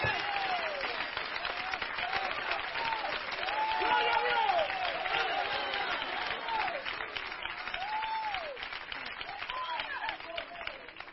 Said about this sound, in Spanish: ¡Wow, Espíritu! Yo voy a aplaudir por algunos que no pueden hoy en esta hora, hermano.